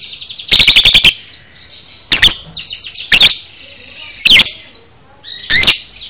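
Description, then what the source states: Lovebird chirps: an opening rapid buzzy stutter, then loud shrill squeaks roughly every second, with high warbling chatter filling the gaps. Lovebird 'paud' masteran song, meant for training caged birds.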